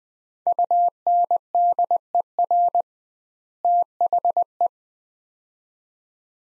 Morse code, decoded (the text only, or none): UNDER THE